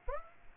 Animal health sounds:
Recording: mosquito wingbeat signal from an infrared sensor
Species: Aedes aegypti

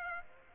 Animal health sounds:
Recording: mosquito wingbeat signal from an infrared sensor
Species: Aedes aegypti

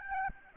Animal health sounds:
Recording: mosquito wingbeat signal from an infrared sensor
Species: Aedes albopictus

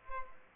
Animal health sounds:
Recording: mosquito wingbeat signal from an infrared sensor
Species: Culex pipiens

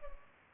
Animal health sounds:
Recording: mosquito wingbeat signal from an infrared sensor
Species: Culex pipiens

